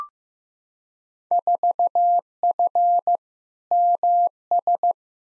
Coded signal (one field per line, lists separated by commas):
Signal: Morse code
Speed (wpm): 15 wpm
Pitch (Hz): 700 Hz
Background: none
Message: 4F MS